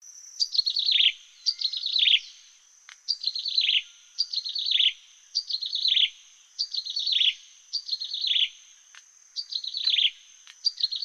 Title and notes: Suara Kicauan Burung untuk memaster burung kesayangan